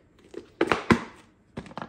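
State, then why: Seated. A plastic dollar-store decor figure piece is pressed by hand into its mating plastic base piece. Soft crinkly handling leads to a sharp snap at 0.6 s, followed by more clicks and rattles. The piece seats and snaps into place.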